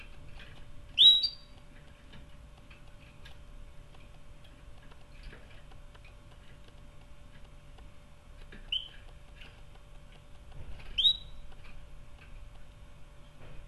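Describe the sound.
Canary call notes: three short rising chirps, the first loudest, separated by long quiet gaps with soft ticking and hum.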